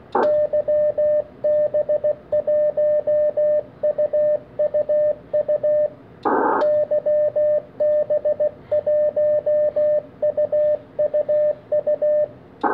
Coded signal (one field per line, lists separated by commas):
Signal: Morse code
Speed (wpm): 15 wpm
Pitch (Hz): 590 Hz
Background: radio noise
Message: YB1UUU YB1UUU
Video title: 500 Milliwatt QRPp YB1UUU - YC1ME